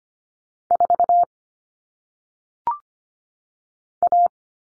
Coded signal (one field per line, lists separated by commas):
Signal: Morse code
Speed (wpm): 25 wpm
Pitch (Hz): 700 Hz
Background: none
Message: 4 A